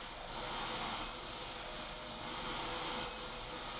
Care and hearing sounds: daily activity, microphone in the room; vacuum cleaning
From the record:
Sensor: 5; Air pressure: 991.2 hPa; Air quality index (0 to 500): 122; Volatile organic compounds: 47 ppm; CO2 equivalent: 3247 ppm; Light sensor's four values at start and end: 35/114/43/46 and 35/114/43/46

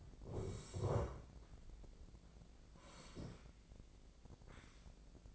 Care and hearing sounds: daily activity, microphone in the room; sit down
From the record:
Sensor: 5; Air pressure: 1012.4 hPa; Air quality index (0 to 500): 153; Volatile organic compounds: 2 ppm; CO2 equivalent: 1050 ppm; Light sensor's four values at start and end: 262/630/268/295 and 260/625/266/292

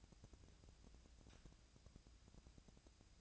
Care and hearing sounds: daily activity, microphone in the room; take from stove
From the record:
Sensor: 2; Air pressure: 999.8 hPa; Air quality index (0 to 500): 125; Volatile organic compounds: 2 ppm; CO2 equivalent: 1073 ppm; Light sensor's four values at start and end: 36/88/38/43 and 36/88/38/43

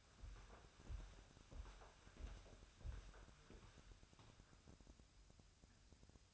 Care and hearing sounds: daily activity, microphone in the room; walk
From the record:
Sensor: 2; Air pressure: 1015.2 hPa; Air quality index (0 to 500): 122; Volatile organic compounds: 4 ppm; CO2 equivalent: 1566 ppm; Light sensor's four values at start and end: 12/33/13/14 and 12/34/13/15

